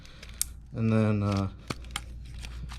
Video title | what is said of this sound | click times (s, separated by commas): B5 B5.5 1998-2005 Passat/Audi A4 1.8t Valve Cover Gasket & Tune Up | you heard that little click there you just want to push back on these | 0.4 s